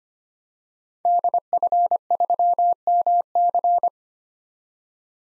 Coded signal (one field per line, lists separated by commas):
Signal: Morse code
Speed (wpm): 25 wpm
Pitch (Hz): 700 Hz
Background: none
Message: DF3MC